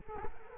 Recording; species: mosquito wingbeat signal from an infrared sensor; Culex quinquefasciatus